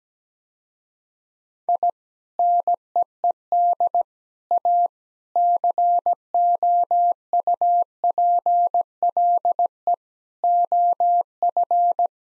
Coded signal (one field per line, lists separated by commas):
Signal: Morse code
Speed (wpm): 17 wpm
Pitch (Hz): 700 Hz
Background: none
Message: I NEED A COUPLE OF